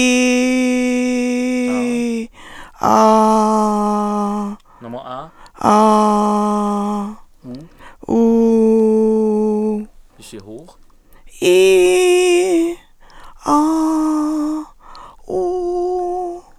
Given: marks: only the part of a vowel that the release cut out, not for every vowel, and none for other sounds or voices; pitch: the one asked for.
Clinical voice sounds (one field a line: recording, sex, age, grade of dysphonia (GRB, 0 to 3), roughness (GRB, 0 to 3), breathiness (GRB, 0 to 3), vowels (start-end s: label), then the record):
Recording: sustained vowels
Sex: female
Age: 60 to 69 years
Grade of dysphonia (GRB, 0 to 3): 2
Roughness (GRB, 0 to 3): 2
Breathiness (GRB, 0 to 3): 1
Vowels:
0.00-1.66 s: vowel /i/, normal pitch
3.00-4.35 s: vowel /a/, normal pitch
8.24-9.68 s: vowel /u/, normal pitch
11.51-12.58 s: vowel /i/, high pitch
13.56-14.50 s: vowel /a/, high pitch
15.40-16.11 s: vowel /u/, high pitch
From the record:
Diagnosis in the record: recurrent laryngeal nerve paralysis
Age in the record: 68 years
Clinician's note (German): Ältere rechts mit guter Kompensation